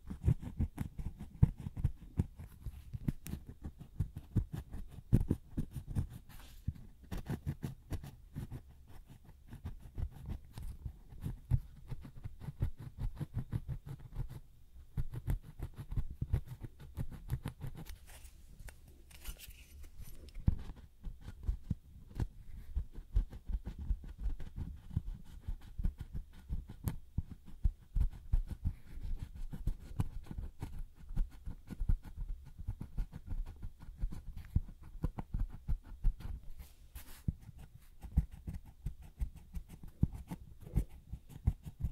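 Doing nails, with a steady stream of soft, rapid low tapping and scratching clicks throughout, dense and uneven, dipping briefly around eighteen seconds.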